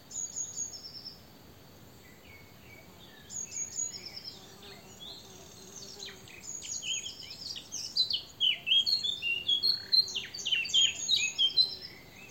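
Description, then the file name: Eurasian blackcap warbling, quiet at first, then growing into a fast, loud jumble of chattering and fluty notes, with high thin whistles repeated. "Sylvia atricapilla"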